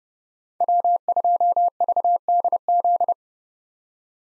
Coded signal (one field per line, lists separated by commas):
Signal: Morse code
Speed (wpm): 32 wpm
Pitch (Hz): 700 Hz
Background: none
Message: W2VDZ